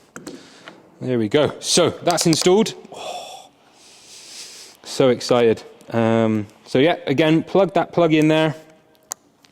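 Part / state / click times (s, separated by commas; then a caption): paddle shifter wiring plug into steering wheel harness connector / seated / 9.1 s. Someone talks while a JQ Werks paddle shifter wiring plug is pushed into its mating steering wheel harness connector behind the steering wheel of a G80/G81/G82 during paddle installation. A sharp click at 9.1 s shows the connector has seated, after which the plug is to be tucked back into position.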